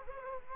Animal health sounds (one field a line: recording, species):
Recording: mosquito wingbeat signal from an infrared sensor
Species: Culex quinquefasciatus